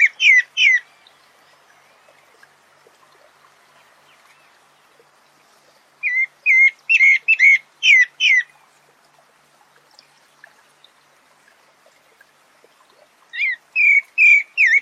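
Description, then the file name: Pale-breasted Thrush singing short bursts of several rapid slurred whistled notes, separated by long pauses, over a faint background hiss. "Canto do Sabia barranco"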